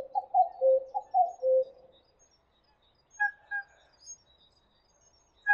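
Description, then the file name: Common cuckoo giving two two-note cu-coo calls, followed by short higher paired notes from another source. "Kuckuck"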